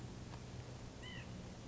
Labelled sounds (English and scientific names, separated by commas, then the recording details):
California Quail (Callipepla californica)
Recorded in Sonoma County, California